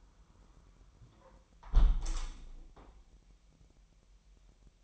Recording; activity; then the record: daily activity, microphone in the room; close window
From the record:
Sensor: 1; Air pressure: 1000.4 hPa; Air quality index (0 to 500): 246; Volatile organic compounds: 138 ppm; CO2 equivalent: 3966 ppm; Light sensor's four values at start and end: 11/27/11/12 and 11/26/10/11